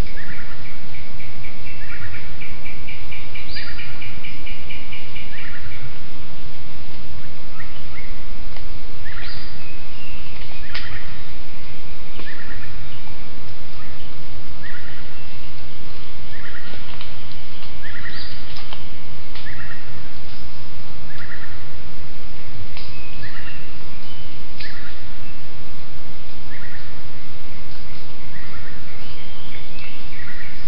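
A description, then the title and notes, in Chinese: Birds call in a jungle, with short repeated chirps and trills every second or two, often in rhythmic series. Underneath runs a thick, steady outdoor hiss and low rumble that stays dense throughout. Nothing sounds above the mid treble. 丛林的鸟叫大板岩-印度尼西亚中加里曼丹省Mungku Baru。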